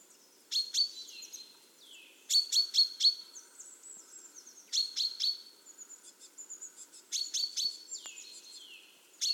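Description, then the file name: Common chaffinch calls: clusters of two to four sharp, metallic notes with a downslurred tail, repeated roughly every two seconds, with faint high thin whistles in between. "Fringilla coelebs"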